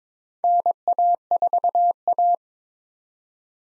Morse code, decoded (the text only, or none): NA4A